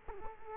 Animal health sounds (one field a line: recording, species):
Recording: mosquito wingbeat signal from an infrared sensor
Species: Culex quinquefasciatus